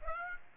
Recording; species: mosquito wingbeat signal from an infrared sensor; Aedes aegypti